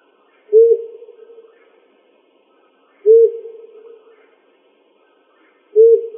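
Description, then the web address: Owl hooting low single notes, each with a firm start and fading tail, repeated about every two and a half seconds, three in all. Owl recorded in Arizona on 6 June 2005. "Sound Library Owls AZFO FLOW 050606"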